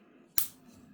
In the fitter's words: you heard the click